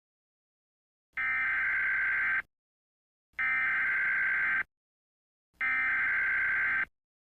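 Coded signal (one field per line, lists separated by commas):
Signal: Emergency Alert System (SAME) tones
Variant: header bursts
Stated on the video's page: Fictional EAS scenario, not a real alert.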